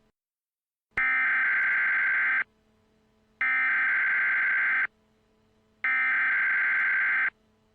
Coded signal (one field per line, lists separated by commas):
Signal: Emergency Alert System (SAME) tones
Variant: header bursts